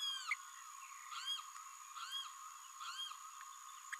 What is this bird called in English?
Green-rumped Parrotlet